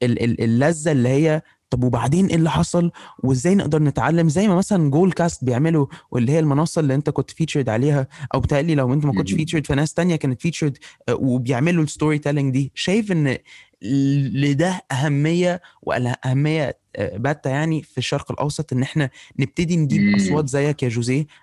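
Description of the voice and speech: A man speaks fluent conversational Egyptian Arabic at a steady pace with only ordinary hesitations; typical speech.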